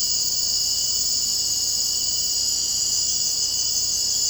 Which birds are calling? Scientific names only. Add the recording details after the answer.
none. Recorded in secondary vegetation near Puerto Asís, Putumayo, Colombia, on 19 February 2024 at 02:00. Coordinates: 0.489, -76.322. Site G6419